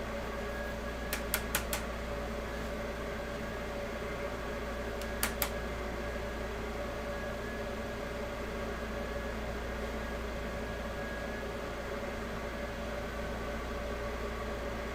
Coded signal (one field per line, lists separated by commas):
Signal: FT8